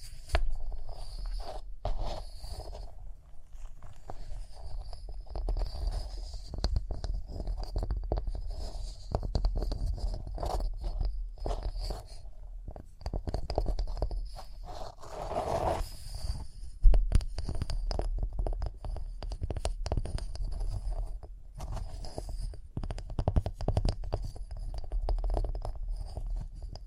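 Rhinestones are tapped, scratched and brushed in a busy, irregular stream of small clicks and scrapes that runs the whole time without settling into a rhythm. A low rumble persists underneath, and a louder brushing swell rises around the fifteen-to-seventeen second mark.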